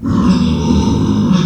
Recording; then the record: squeal of a Yucatan mini pig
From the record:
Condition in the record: after surgery on the right vocal fold (resection and tissue-engineered implant); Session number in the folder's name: 13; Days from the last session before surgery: 113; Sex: female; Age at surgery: 19 weeks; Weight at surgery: 25 kg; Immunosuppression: prednisolone